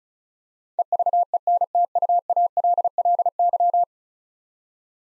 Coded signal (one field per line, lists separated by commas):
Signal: Morse code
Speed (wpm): 36 wpm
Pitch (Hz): 700 Hz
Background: none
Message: EVENTUALLY